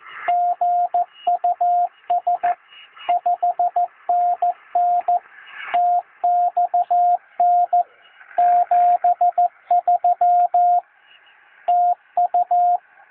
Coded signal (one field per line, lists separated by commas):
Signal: Morse code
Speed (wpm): 14 wpm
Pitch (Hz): 710 Hz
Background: radio noise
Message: GUS 5NN TXN 73 TU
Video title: RADIOAFICION EN URUGUAY CX1SI GEO